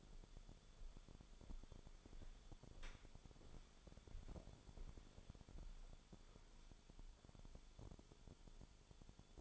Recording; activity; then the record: daily activity, microphone in the room; walk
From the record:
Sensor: 5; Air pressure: 1015.4 hPa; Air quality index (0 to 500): 173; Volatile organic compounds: 6 ppm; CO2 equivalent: 1880 ppm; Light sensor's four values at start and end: 36/83/33/32 and 37/84/34/33